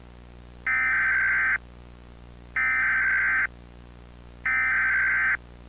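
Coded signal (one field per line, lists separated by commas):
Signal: Emergency Alert System (SAME) tones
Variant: header bursts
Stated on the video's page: Mock AMBER Alert, simulated interruption of a television show.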